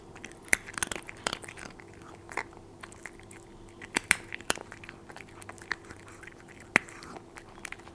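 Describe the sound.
Cat eating, with scattered sharp crunching bites and soft chewing clicks over a low, steady hum.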